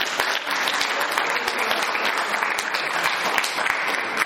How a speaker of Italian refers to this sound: E qui sono contento perché ce ne sono due che l'hanno fatto tutto, sì, che alzatevi magari così, ecco, l'hanno fatto l'anno scorso. Ah, 3, allora vedi, l'hai fatto 6 volte, complimenti. Ecco, allora decido, un applauso.